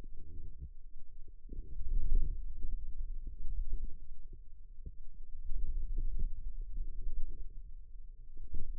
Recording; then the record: forearm muscle sounds (acoustic myography)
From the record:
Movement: radial deviation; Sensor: system 2, bracelet of six BSWA MPA416 microphones around the upper forearm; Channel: 6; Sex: female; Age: 22 years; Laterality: right